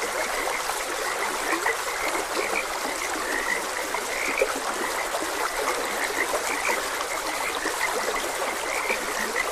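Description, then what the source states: Many frogs calling together in quick repeated notes, half buried in the constant hiss of a running stream. Frogs croaking beside a gentle stream.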